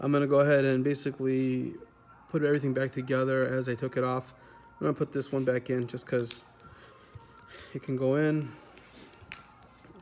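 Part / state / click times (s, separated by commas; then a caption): plastic internal cover clips into smartphone housing / seated / 8.8 s, 9.1 s, 9.3 s, 9.6 s. A man talks while reassembling a Samsung S8 smartphone, pressing around the edge of a plastic internal cover or frame so its clips snap back into the original housing. Four sharp, short clicks are heard at 8.8, 9.1, 9.3 and 9.6 seconds as the clips seat around the perimeter.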